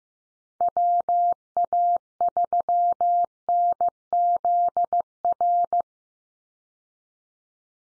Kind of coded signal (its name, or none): Morse code